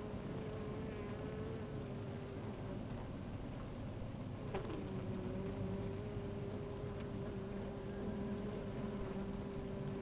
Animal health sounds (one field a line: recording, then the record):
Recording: honeybee colony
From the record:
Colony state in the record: active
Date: 28 July 2017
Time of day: 12:40